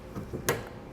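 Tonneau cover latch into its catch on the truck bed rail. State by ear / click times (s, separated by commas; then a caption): seated / 0.5 s. The latch of a retractable aluminum RetraxPRO MX hard tonneau cover on a 2017 Ford F-250 Super Duty closes into its catch on the truck bed rail, with a sharp click at 0.5 s after some soft low rustling. A fainter tick follows near 0.9 s, and the cover is closed with its latch seated.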